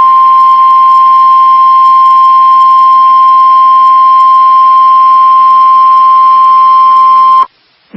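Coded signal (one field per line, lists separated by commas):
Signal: Emergency Alert System (SAME) tones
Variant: 1050 Hz attention tone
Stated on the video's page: Real severe thunderstorm warning alert from NWS Amarillo, captured on livestream.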